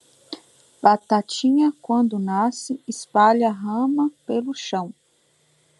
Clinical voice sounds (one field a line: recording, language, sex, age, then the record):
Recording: short text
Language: Brazilian Portuguese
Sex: female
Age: 30 to 39 years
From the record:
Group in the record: control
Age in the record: 32 years